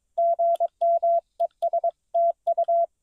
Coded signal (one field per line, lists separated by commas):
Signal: Morse code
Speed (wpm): 22 wpm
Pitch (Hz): 690 Hz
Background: none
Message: GM ES TU